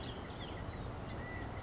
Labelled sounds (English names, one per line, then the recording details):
California Towhee
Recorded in Sonoma County, California